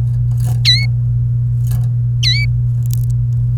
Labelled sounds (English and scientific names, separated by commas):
Domestic Canary (Serinus canaria) song